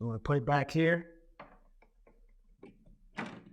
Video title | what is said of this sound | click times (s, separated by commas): How-To Workshops - How to Install a Faucet - The Home Depot | Snaps right into place. | 3.2 s